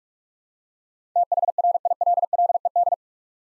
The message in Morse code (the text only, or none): THRILLED